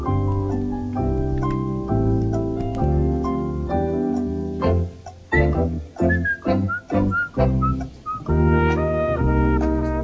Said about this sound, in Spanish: Está silbando, cuidado conmigo, cuidado conmigo. ¿Por qué? Porque no me gustan las silbando.